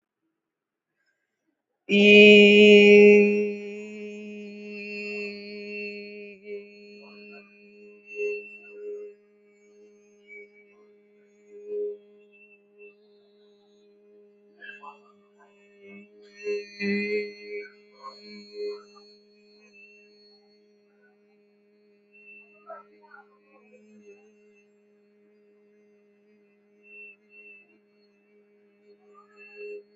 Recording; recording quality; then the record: sustained vowel as in beet; excellent, no background noise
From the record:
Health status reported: healthy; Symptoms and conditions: none ticked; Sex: female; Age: 32 years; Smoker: not ticked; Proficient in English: yes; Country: India